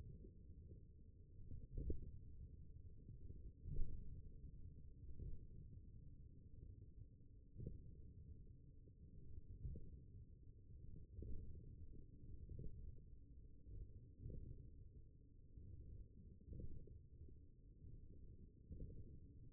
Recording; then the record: forearm muscle sounds (acoustic myography)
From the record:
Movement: radial deviation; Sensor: system 1, eight BSWA MPA416 microphones around the upper forearm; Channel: 5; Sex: male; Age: 42 years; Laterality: right